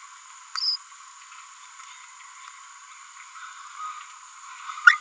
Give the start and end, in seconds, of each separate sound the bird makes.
0.56-0.76, 4.85-4.97